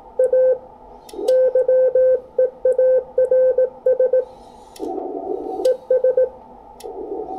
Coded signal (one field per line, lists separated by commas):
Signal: Morse code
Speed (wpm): 18 wpm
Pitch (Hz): 510 Hz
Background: radio noise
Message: A YEARS ES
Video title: Ham Radio Modes | SSB VS CW VS FT8 Conversions